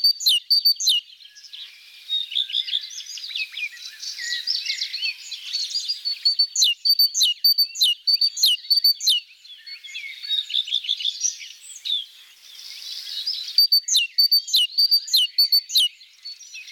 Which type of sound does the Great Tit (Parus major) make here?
song